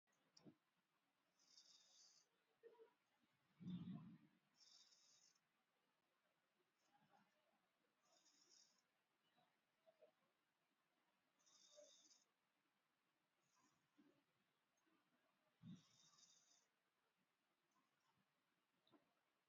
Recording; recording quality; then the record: deep breathing; excellent, no background noise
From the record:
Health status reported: exposed to COVID-19, no respiratory illness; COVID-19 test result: negative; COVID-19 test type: RT-PCR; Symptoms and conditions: cold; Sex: female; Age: 34 years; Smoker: no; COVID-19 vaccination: one dose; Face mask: worn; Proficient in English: yes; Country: India